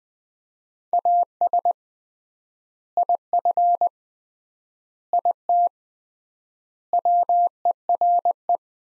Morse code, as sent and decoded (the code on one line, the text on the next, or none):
.- ... / .. ..-. / .. - / .-- . .-. .
AS IF IT WERE